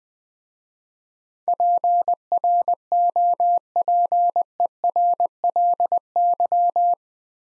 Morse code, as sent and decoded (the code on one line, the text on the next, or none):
.--. .-. --- .--. . .-. .-.. -.--
PROPERLY